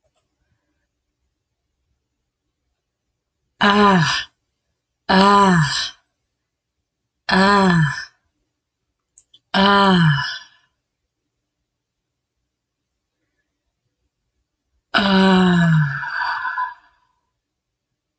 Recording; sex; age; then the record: vowel held as long as possible; female; 40 to 49 years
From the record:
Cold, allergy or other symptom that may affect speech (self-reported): no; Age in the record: 44 years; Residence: Texas, United States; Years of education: 14